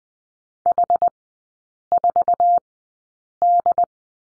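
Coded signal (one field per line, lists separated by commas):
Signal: Morse code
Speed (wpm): 20 wpm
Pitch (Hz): 700 Hz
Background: none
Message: H4D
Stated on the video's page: Morse code course lesson on the letter C in three-character groups, sent at Farnsworth speed 20/10 wpm.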